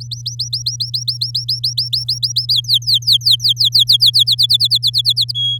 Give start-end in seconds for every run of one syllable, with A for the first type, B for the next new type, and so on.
0.00-2.53 A, 2.54-4.24 B, 4.26-5.32 C, 5.34-5.58 D